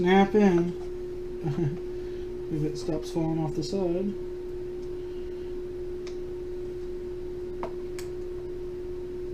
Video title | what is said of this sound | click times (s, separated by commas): ipad air screen replacement | And you'll feel them. They snap in. You'll feel it. | 7.6 s, 8.0 s